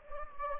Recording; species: mosquito wingbeat signal from an infrared sensor; Anopheles gambiae